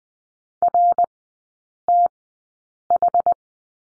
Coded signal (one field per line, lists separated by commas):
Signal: Morse code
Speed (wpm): 20 wpm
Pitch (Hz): 700 Hz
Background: none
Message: RTH